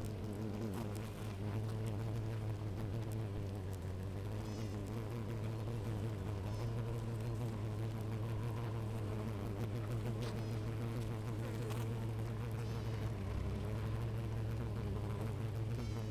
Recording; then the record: honeybee colony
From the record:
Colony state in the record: active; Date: 28 July 2017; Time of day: 16:32